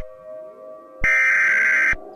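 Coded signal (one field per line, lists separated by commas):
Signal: Emergency Alert System (SAME) tones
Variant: header bursts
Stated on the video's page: Fictional EAS short, a created recreation rather than a real alert.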